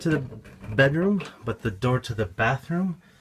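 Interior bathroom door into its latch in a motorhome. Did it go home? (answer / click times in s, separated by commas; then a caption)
no / none. Someone talks while the interior bathroom door of a motorhome is handled toward its latch. The door has not latched into place yet, and nothing has seated or clicked in this clip.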